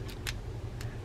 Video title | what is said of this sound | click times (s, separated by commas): What happened to the fishing reels and what use are they?? | doesn't hold it just doesn't hold they've all stripped out that's a manufacturing defect | 0.3 s, 0.8 s